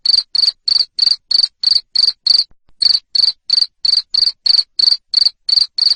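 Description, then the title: Cricket chirps: rapid, shrill, buzzy pulses evenly spaced at about three per second, pausing once briefly. Loud cricket chirping used to stimulate lovebirds into continuous ngekek singing. "Suara JANGKRIK NGERIK Keras Bikin LOVEBIRD Jadi NGEKEK Terus Vubey"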